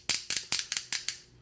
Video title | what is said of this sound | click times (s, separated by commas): Video Review: Transformers POTP Voyager Hun-Gurr figure | you push it together they snap snap | 0.1 s, 0.5 s